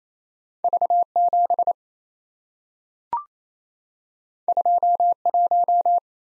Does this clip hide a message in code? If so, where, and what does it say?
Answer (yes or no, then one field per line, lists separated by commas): yes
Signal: Morse code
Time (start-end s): 0.6-6.0 s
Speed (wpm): 28 wpm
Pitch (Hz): 700 Hz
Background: none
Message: V7 21